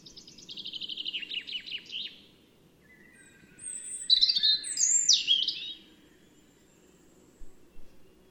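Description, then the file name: European robin song opening with a rapid run of descending high notes, then a burst of sharp, varied whistles and twitters, ending with a brief single note. "Erithacus rubecula"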